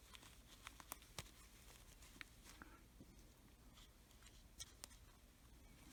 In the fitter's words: a little harder there we go listen for them clicks when you're doing that